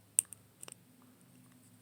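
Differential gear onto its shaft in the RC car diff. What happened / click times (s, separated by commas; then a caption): The gear snapped into place on its shaft / 0.2 s. A differential gear is pushed onto its shaft during a front differential rebuild on an Arrma Outcast 8S RC car, and it seats with a sharp, loud click at 0.2 s. A few fainter clicks follow over a low background hum. The gear is locked into place, which is checked by holding the gear and trying to spin the shaft.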